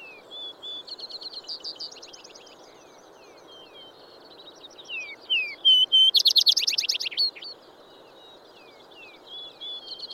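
Vesper sparrow singing several songs of slurred whistled notes and buzzy trills, one with a loud rapid trill near the middle, over steady low background hiss.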